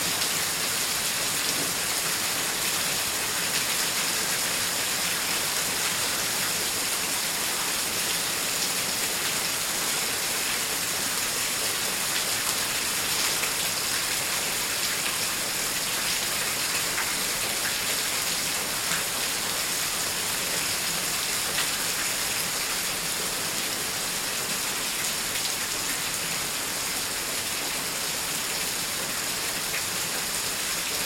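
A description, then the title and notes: Heavy rain pours down without letup, a dense, constant hiss that is bright and full, with the rain spread evenly from high to low. Fine individual drops tick and patter through the wash, and the level stays the same for the whole half minute. Hard Rain Storm Sounds. Big droplets fall in a steady, heavy rainstorm.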